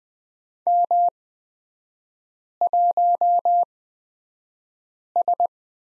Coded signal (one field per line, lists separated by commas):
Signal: Morse code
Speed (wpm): 20 wpm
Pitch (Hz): 700 Hz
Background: none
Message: M1S